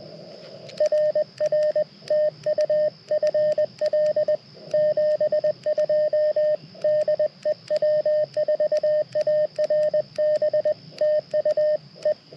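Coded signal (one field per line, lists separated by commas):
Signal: Morse code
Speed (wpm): 21 wpm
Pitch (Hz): 610 Hz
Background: radio noise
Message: RR TU FL 72 DE W4ARB TU E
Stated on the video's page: CW from a Parks on the Air activation using a Mountain Topper MTR4B V2 radio.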